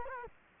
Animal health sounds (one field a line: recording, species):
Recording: mosquito wingbeat signal from an infrared sensor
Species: Culex quinquefasciatus